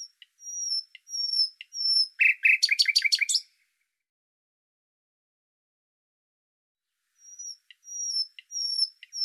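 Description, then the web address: Bird song with thin, high whistled notes repeated, broken by a quick rattling trill, then the high whistles return after a pause. "Deverinetal 2025"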